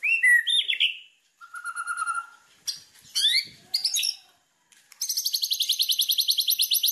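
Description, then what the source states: White-rumped shama song: whistled phrases and a low trill, short pauses, then a long fast high rattling series. Lure to make birds respond.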